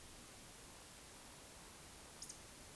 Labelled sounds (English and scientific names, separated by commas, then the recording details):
Eurasian Woodcock (Scolopax rusticola) whistle, Eurasian Woodcock (Scolopax rusticola) croak
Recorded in Baden-Württemberg, Germany, on 20 May 2021 at 19:55 UTC
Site 24606, 635 m above sea level